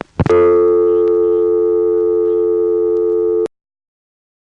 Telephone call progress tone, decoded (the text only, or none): dial tone